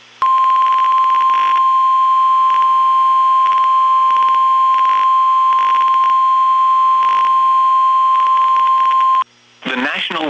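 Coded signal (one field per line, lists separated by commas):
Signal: Emergency Alert System (SAME) tones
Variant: 1050 Hz attention tone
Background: speech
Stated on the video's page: Real NOAA Weather Radio alerts from Nashville, Tennessee, during a flood and tornado outbreak.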